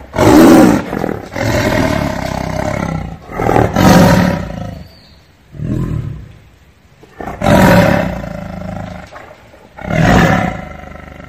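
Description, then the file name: Tiger giving loud, rough roars in several separate bursts, with quieter pauses between them. "Tieng ho gam"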